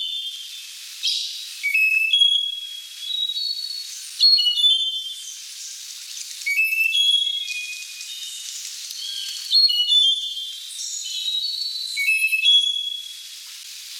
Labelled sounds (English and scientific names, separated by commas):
Slaty-backed Nightingale-Thrush (Catharus fuscater) song